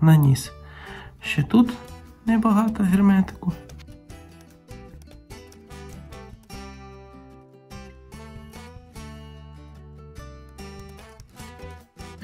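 Someone talks over background music while a little sealant is applied and a plastic cover is handled on a housing in the braking system of a Renault Kangoo 2 ZE electric van, which has a braking fault (codes DTC00237A, DF006). Brief handling knocks are heard, but the cover has not yet snapped shut and nothing has seated or clicked.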